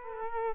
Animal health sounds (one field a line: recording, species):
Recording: mosquito wingbeat signal from an infrared sensor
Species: Culex quinquefasciatus